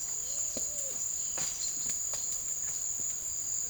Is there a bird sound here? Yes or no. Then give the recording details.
yes. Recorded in secondary vegetation near Puerto Asís, Putumayo, Colombia, on 24 March 2025 at 16:30. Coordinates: 0.489, -76.322. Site G042